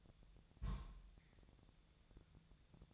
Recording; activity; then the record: daily activity, microphone in the room; place on stove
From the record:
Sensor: 3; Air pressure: 999.3 hPa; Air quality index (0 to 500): 197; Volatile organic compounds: 44 ppm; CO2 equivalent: 3206 ppm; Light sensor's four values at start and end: 7/17/7/7 and 7/17/7/7